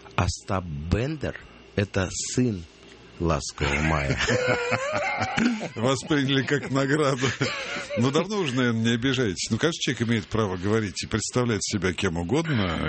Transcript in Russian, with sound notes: Остап Бендер – это сын "Ласкового мая". (Смех)
Восприняли, как награду. Ну, давно уже, наверное, не обижаетесь. Ну, каждый человек имеет право говорить и представлять себя кем угодно.